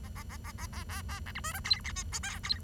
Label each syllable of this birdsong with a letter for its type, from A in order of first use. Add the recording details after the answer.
A A A A A A A A B C D E F G H I J F. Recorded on 23 June 2012 at 09:13. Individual gr41rd51